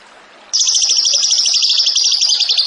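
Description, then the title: Bird song: after half a second of quiet hiss, a loud, rapid, continuous high chattering trill bursts in and runs unbroken to the end. Songbird singing actively (gacor) in 'tembakan' style, for training songbirds (masteran). "Masteran Burung Tembakan Gacor"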